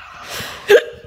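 An adult woman with persistent hiccups that are already easing a little. A single sharp, very loud hiccup, each one making her whole body jump like a flinch.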